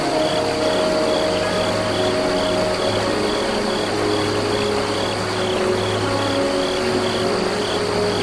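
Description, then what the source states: Crickets chirping in steady high pulses under slow flute melody notes, a low humming drone and a constant rush of flowing water. Crickets by a small river.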